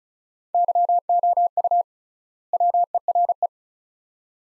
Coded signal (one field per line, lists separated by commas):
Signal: Morse code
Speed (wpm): 36 wpm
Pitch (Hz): 700 Hz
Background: none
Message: YOU WERE